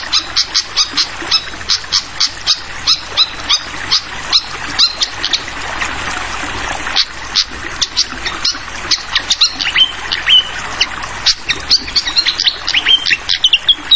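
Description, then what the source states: Flycatcher chirps come in a long, rapid series, broken by a few short whistles near the end, above a steady sound of flowing water. Called sikatan kipas, also sikatan londo; clear song mixed with the sound of trickling water, used as a masteran tutoring track for songbirds.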